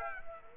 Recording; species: mosquito wingbeat signal from an infrared sensor; Culex quinquefasciatus